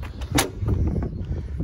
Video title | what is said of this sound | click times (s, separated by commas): Thule Bike Rack - EasyFold XT 2 | that locks in place and | 0.4 s